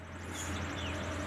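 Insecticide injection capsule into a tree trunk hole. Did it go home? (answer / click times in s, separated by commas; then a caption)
no / none. A plastic insecticide injection capsule tip is handled at a hole drilled in a tree trunk, ready to be driven in with a striker and hammer. Only a steady low hum and even broadband background noise are heard, with faint high chirps that may be birds. Nothing has seated or clicked yet.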